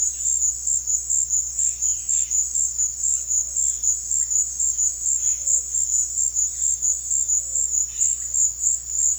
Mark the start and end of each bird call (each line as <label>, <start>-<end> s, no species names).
bird call, 1.58-2.47 s
bird call, 3.21-6.91 s
bird call, 7.44-8.32 s